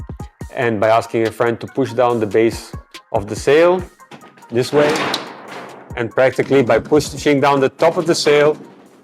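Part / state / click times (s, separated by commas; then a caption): windsurf sail camber inducer on the mast / not seated / none. Someone talks over music while a Point-7 AC-Z 2021 windsurf sail lies on the beach and its base and then its top are pushed down to rotate the profile and flip the camber inducers on the mast to the other side. Only one faint hit is heard under the music, and nothing has clicked over yet.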